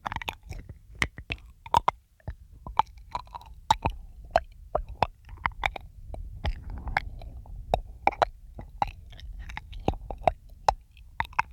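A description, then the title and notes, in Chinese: Mouth sounds with breathing: sharp wet clicks and smacks land irregularly, several per second, over a soft low rumble throughout. Around six to eight seconds a gentle airy breath swells beneath the clicks, and brief crunchy, chewing-like bursts recur across the whole twelve seconds. 口腔音+呼吸，asmr。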